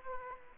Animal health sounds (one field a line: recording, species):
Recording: mosquito wingbeat signal from an infrared sensor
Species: Aedes aegypti